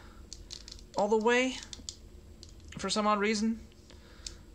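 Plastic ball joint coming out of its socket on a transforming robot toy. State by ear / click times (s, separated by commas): released / 4.3 s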